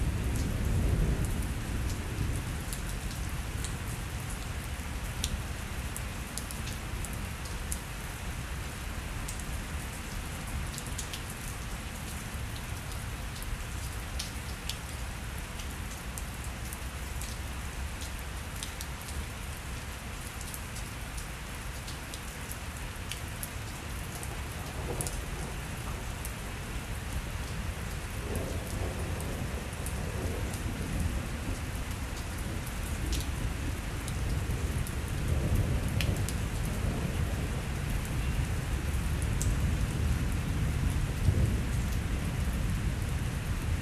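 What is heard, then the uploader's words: A midday thunderstorm with steady, dense rain pattering on surfaces throughout, hissing. A deep low rumble swells near the start and again from about 25 seconds onward, growing louder toward the end, with scattered sharper drips cutting through. Thunderstorm sounds from a mid day storm. Midday thunderstorm.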